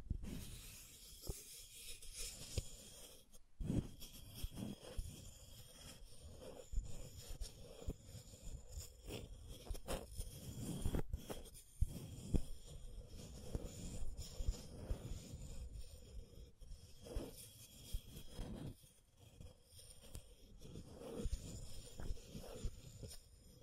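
Scratching and tracing sounds run throughout, a dense, rough scraping with irregular strokes and frequent short sharp bursts, including a few stronger hits around 3, 11 and 17 seconds. A low rumble sits underneath, and a steady high hiss lingers above.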